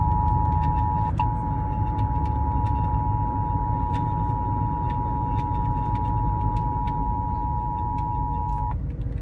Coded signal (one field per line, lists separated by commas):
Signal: Emergency Alert System (SAME) tones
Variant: 853 and 960 Hz attention tone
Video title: Rare and Disturbing EAS Alerts Explained